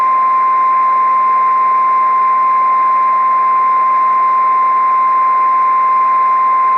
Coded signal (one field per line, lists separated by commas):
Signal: Emergency Alert System (SAME) tones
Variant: 1050 Hz attention tone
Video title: [EAS MOCK CHALLENGE] - oh boy El Reno my favourite...